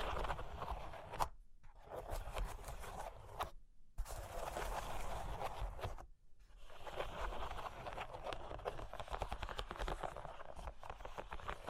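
Scratching and tracing on cork and wood, a dense, gritty rubbing with quick tapping flecks running through it. It pauses briefly three times, near the 1.5, 3.5 and 6 second marks, then resumes with steady, busy strokes until the end.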